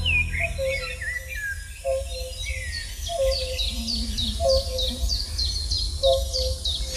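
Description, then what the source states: European fire-bellied toad giving soft, low hooting notes repeated about every one and a half seconds, with high bird chirps and a low background hum throughout. Resounding, repetitive call heard in Lithuania along the Memel river.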